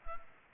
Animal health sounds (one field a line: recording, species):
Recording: mosquito wingbeat signal from an infrared sensor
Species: Culex pipiens